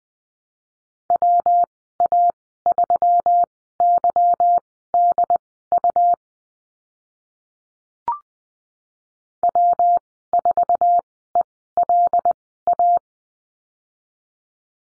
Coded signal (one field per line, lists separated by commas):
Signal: Morse code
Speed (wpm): 20 wpm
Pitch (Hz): 700 Hz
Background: none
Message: WA3YDU W4ELA